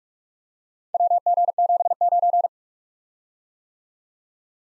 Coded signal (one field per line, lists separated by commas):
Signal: Morse code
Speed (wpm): 46 wpm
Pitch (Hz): 700 Hz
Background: none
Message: WG79